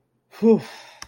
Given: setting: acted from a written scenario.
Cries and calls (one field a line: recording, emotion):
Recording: vocal sound without words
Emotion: anger